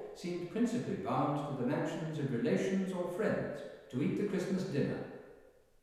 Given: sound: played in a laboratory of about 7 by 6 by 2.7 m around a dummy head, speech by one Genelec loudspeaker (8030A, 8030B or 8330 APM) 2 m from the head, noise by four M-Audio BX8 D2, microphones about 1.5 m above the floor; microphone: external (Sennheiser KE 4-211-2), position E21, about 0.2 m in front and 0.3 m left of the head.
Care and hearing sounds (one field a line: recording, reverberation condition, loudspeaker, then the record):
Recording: male speech in English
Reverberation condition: high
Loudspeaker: 90 degrees to the right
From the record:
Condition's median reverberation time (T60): about 1300 ms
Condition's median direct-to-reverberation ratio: about -4.0 dB